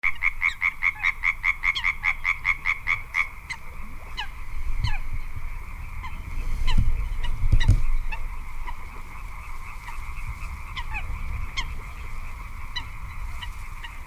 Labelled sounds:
Little Crake (Porzana parva)

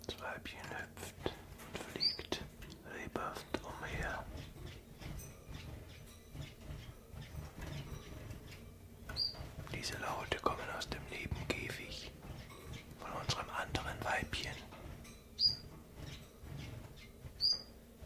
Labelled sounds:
Common Chiffchaff (Phylloscopus collybita)

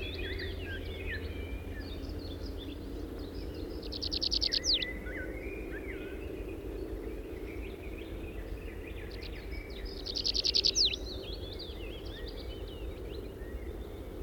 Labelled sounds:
Tree Pipit (Anthus trivialis) song

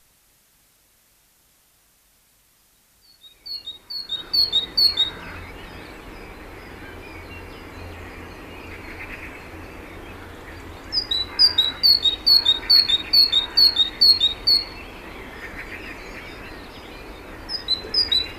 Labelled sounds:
Great Tit (Parus major) song

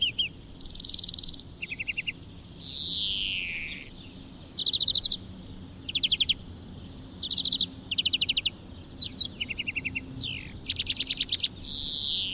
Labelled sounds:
European Greenfinch (Chloris chloris) song

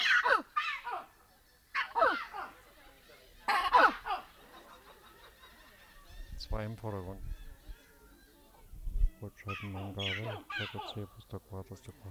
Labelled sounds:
Collared Mangabey (Cercocebus torquatus)

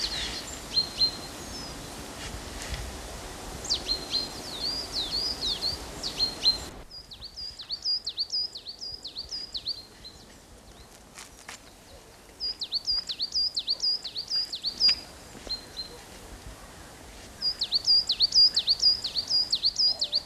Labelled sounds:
Coal Tit (Periparus ater) song

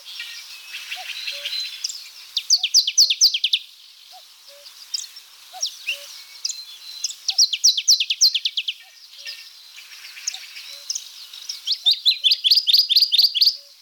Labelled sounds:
Dusky Warbler (Phylloscopus fuscatus) song

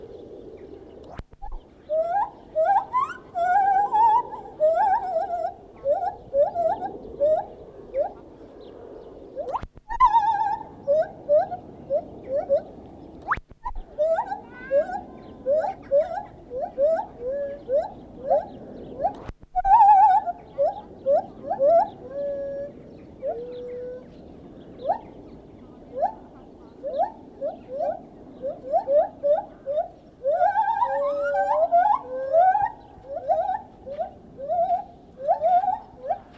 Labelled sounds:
Lar Gibbon (Hylobates lar)

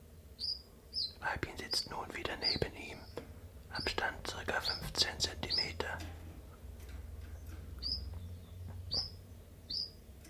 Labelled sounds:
Common Chiffchaff (Phylloscopus collybita)

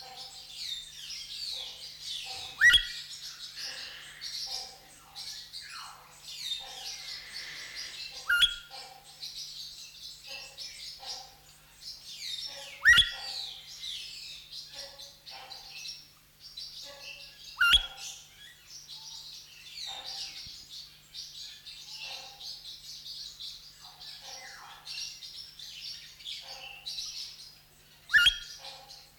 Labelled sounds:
Elegant Crested Tinamou (Eudromia elegans) call

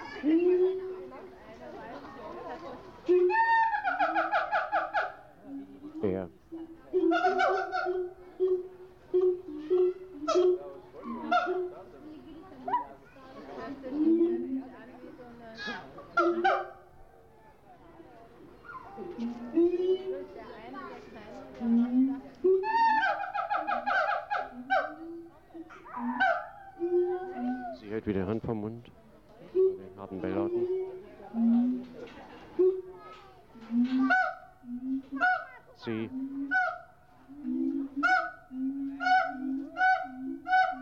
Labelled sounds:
Siamang (Symphalangus syndactylus)

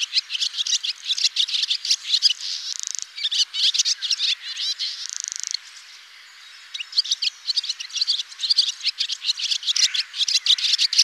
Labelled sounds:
Barn Swallow (Hirundo rustica) song

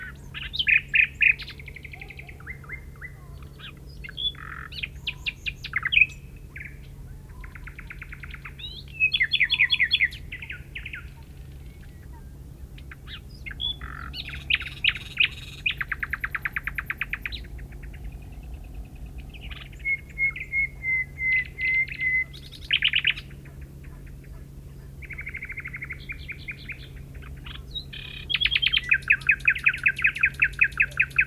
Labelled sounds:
Common Nightingale (Luscinia megarhynchos) song

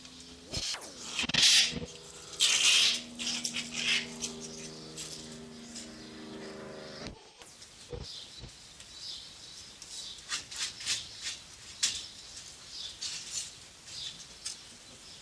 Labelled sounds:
Arctic Fox (Vulpes lagopus)

